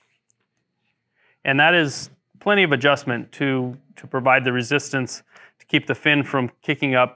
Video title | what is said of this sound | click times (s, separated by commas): MirageDrive Kick Up Adjustment Screw 2020 GT Drive MD180 | re-engage and you can feel it move past the set screw and snap into place | 0.3 s